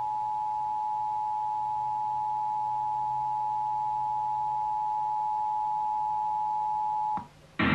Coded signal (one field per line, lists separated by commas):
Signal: Emergency Alert System (SAME) tones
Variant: 853 and 960 Hz attention tone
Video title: Iowa Required Monthly Test (November 3, 2021)